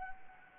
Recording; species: mosquito wingbeat signal from an infrared sensor; Anopheles arabiensis